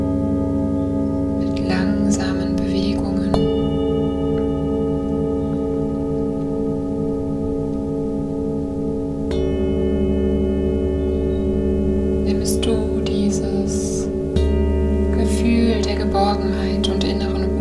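Singing bowls ring in long, sustained, overlapping tones, with fresh strikes near 3 and 9 seconds and a deeper swell around 14 seconds. The hum stays steady and layered throughout. Soft breathy voice sounds surface briefly around 2, 12 and 15 seconds.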